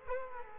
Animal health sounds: mosquito wingbeat signal from an infrared sensor; Culex quinquefasciatus

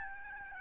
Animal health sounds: mosquito wingbeat signal from an infrared sensor; Aedes albopictus

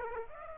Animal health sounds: mosquito wingbeat signal from an infrared sensor; Aedes aegypti

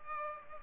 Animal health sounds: mosquito wingbeat signal from an infrared sensor; Culex pipiens

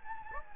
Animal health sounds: mosquito wingbeat signal from an infrared sensor; Anopheles gambiae

